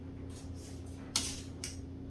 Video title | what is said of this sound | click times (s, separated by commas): #diy #electrician #kitchen Replacing HARD WIRED Canless resessed lights | same way push it until it clicks and | 1.2 s